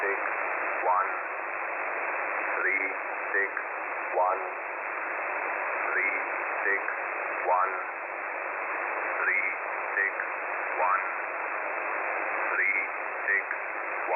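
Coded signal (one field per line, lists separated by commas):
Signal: numbers station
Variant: E07, English man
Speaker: I believe this particular signal the English man I think is called it yo 7 as the designator is coming somewhere out of Russia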